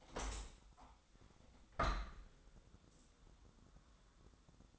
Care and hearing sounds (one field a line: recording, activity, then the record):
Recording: daily activity, microphone in the room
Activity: open window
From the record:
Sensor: 3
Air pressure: 1000.5 hPa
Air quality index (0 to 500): 166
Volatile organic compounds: 3 ppm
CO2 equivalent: 1436 ppm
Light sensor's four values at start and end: 13/34/13/15 and 14/36/14/16